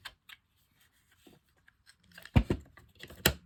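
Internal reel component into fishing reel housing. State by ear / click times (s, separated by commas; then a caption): seated / 3.3 s. An internal component is slid into its seat in the housing of a RYOBI Adventurer 101 saltwater fishing reel during reassembly and pushed until it snaps. Faint scattered ticks and handling rustles lead up to a sharp knock at about 2.4 s, then a louder, crisp snap at 3.3 s. The component seats in place.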